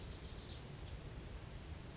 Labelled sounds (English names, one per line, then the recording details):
Bewick's Wren
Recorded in Sonoma County, California